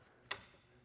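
The metal arm of an Airstream Zip Dee RV awning is lowered one more position, and its spring adjustment knob drops into the next detent with a single sharp metallic click at 0.3 s. The bright click fades within a fraction of a second into near silence. The knob seats into place in the arm detent.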